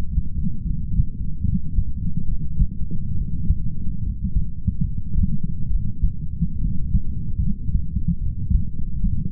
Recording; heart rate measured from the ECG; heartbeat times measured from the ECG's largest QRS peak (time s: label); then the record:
heart sounds by stethoscope; 72 bpm
0.65 s: heartbeat
1.45 s: heartbeat
2.28 s: heartbeat
3.16 s: heartbeat
4.03 s: heartbeat
4.84 s: heartbeat
5.70 s: heartbeat
6.61 s: heartbeat
7.42 s: heartbeat
8.22 s: heartbeat
9.02 s: heartbeat
From the record:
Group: healthy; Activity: light exercise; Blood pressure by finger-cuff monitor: 136/74 mmHg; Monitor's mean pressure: 92 mmHg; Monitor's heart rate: 73 bpm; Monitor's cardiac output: 6.8 L/min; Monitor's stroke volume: 97 mL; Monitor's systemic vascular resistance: 1010 dyn s/cm5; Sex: male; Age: 22 years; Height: 181 cm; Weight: 79 kg